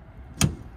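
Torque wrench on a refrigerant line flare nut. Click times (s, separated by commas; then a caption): 0.4 s. A click-type torque wrench tightens a loose refrigerant line flare nut on a Daikin minisplit that was not cooling normally, as part of repairing a refrigerant leak. A single sharp, broadband click breaks over at 0.4 s against a quiet background, meaning the torque setting has been reached.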